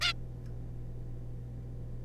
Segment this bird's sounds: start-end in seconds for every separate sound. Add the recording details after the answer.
0.01-0.13. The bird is a juvenile. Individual R3549